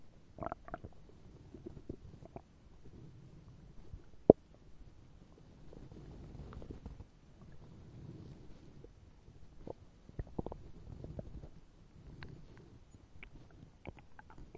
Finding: Empty tummy.